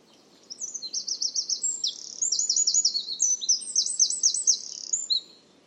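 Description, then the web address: Bird calling in fast, high, twittering runs of repeated notes, several distinct bursts one after another, over a soft low background hum. "cianscape birddata Deverinetal 2025"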